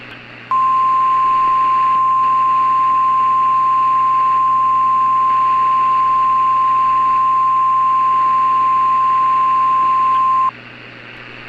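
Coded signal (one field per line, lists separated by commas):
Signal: Emergency Alert System (SAME) tones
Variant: 1050 Hz attention tone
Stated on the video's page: Fictional EAS mock imagining a tornado spawned by Hurricane Hilary.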